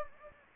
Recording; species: mosquito wingbeat signal from an infrared sensor; Anopheles gambiae